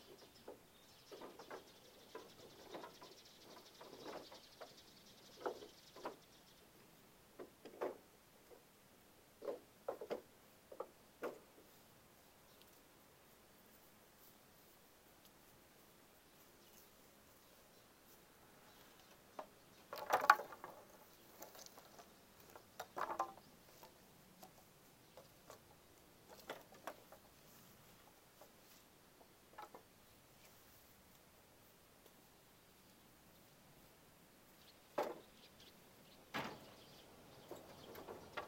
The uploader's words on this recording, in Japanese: 晴れ。夕方17時少し薄暗くなってきた。イネの天日干しの脱穀を終え、イネを干すために使った棒(ハゼ棒)を屋根の下に片付ける。乾いた木の音が心地よい。